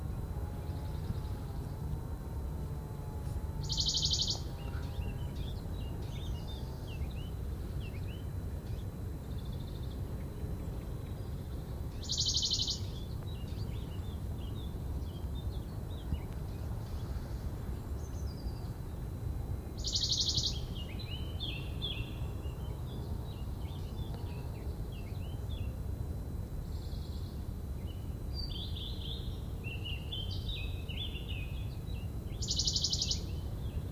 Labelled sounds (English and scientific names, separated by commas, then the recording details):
Western Bonelli's Warbler (Phylloscopus bonelli)
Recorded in the wild
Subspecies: bonelli
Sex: male
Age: adult
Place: am Erdbeerberg bei Eningen unter Achalm, Schwäbische Alb, Baden-Württemberg, DE
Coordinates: 48.4833, 9.26667
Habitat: forested mountain side
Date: 1969-07-17
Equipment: Nagra III PH, MD 211, PES 26
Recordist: Schneider, Hans-Joachim